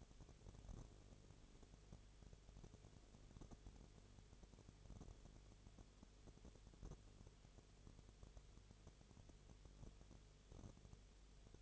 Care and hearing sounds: daily activity, microphone in the room; no activity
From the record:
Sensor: 4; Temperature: 22.0 degrees Celsius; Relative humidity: 29.4%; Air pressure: 1002.1 hPa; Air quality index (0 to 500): 60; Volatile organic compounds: 1 ppm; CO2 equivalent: 611 ppm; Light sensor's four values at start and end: 2/3/1/1 and 2/3/1/1

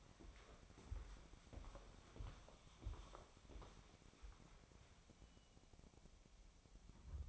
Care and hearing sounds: daily activity, microphone in the room; walk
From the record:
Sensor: 1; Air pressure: 1015.3 hPa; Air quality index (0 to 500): 130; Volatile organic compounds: 5 ppm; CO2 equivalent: 1787 ppm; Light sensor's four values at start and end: 12/30/12/14 and 12/29/12/13

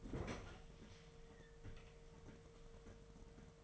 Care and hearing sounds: daily activity, microphone in the room; open fridge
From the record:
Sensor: 4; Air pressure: 1015.7 hPa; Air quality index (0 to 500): 185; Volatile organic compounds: 9 ppm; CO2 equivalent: 2138 ppm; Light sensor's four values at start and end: 11/25/10/10 and 9/20/8/8

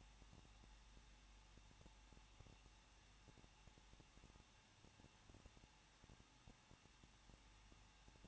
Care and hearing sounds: daily activity, microphone in the room; no activity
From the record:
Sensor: 1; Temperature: 20.1 degrees Celsius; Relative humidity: 39.2%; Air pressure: 1006.3 hPa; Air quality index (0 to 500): 218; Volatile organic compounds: 77 ppm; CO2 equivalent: 3580 ppm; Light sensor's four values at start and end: 1/2/1/1 and 1/2/1/1

